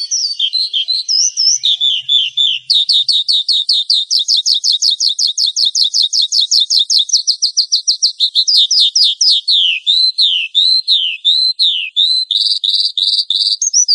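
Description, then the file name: Horsfield's bush lark song, a fast, varied run of high whistled and slurred notes, including a long series of rapid repeated notes in the middle, continuous throughout. "suara burung branjangan"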